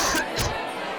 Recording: coughing mixed with background sound